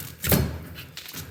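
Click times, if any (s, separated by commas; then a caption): 1.0 s. The spring-clip end of a Pro XP UTV half shaft, lightly greased with Super Lube or grease so it can be taken apart again later, is pushed into the TIG-welded, repaired front differential. A broad, dull thunk around 0.3 s is followed by a sharp snap at 1.0 s as the retaining clip seats and the axle shaft locks in.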